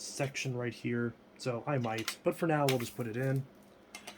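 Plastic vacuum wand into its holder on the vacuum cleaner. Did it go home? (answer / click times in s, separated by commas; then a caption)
no / none. Someone talks while holding the plastic vacuum wand of a Dyson DC07 vacuum cleaner and begins pushing it into its holder on the cleaner. The speech ends around 3.4 s, and two short, quiet knocks follow near 4.0 s and 4.1 s. The wand is not home yet, and nothing has seated or clicked.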